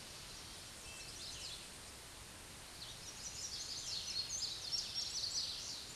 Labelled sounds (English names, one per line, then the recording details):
Chestnut-sided Warbler song
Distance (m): 5 m
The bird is about 5 m above the microphone
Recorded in a Pennsylvania forest on 16 May 2024 at 06:44
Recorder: AudioMoth, point MSD-1892
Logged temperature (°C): 14.5 °C
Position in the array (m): 102 m, 99 m